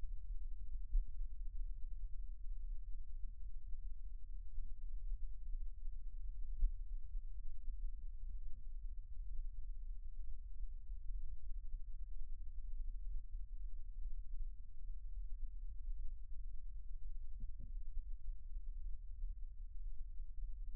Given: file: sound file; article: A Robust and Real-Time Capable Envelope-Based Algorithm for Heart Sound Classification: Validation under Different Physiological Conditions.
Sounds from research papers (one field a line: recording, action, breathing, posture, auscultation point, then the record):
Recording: heart sounds by electronic stethoscope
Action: rest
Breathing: normal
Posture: sitting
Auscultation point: centre of the back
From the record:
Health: healthy, no known heart disease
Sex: male